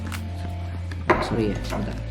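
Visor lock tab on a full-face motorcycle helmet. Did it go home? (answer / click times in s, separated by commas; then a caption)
no / none. Someone talks while handling the small plastic visor-lock tab on a Shoei X14 full-face motorcycle helmet, getting ready to flick it upward to lock the visor. A sharp handling knock sounds at about 1.1 s over steady background music, but the lock has not clicked shut yet.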